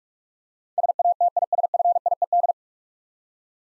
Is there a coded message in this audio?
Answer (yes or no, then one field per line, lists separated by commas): yes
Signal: Morse code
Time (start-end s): 0.8-2.5 s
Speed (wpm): 44 wpm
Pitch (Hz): 700 Hz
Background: none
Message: SATISFIED